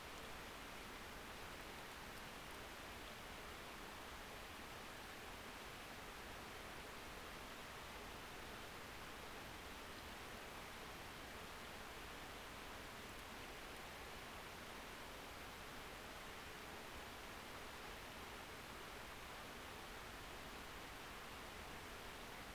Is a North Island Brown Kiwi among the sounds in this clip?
no